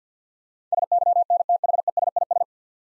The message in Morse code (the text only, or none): SYNTHESIS